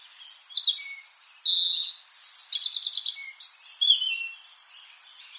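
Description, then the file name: European robin song: a string of varied high whistled phrases, sharp downslurs and short trills, delivered sweetly with brief pauses. "Erithacus rubecula"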